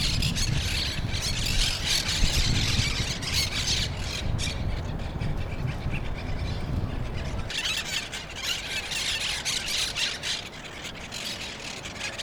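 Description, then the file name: Monk parakeet harsh screeching chatter, dense bursts through the first seven seconds then sparser, with heavy low rumbling noise underneath the dense part. Brooklyn. "brooklyn parrots"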